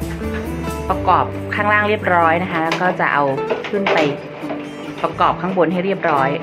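The plastic front cover panel of a wall-mounted split air conditioner's indoor unit is handled while it is being put back on, before it is pressed into place at the top. Someone talks over background music, with a brief sharp sound near 5.1 s. Nothing has seated or clicked yet.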